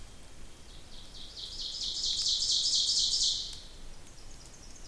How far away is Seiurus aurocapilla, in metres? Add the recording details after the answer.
about 30 m. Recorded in boreal forest in Alberta, Canada, on 26 May 2016 at 07:32. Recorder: SongMeter 3, array SBT-3-15. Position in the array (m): 38 m, 233 m. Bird 20